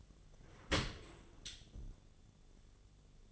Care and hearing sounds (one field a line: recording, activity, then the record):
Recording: daily activity, microphone in the room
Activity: open dishwasher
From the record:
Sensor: 4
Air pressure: 1007.5 hPa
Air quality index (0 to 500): 199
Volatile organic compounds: 7 ppm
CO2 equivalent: 1987 ppm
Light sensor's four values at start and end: 22/70/27/26 and 22/70/27/26